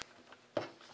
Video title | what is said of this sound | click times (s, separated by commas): Compare AR15; Colt vs Troy Defense | flip it down when you don't need it goes right up when you need it locks into place | 0.6 s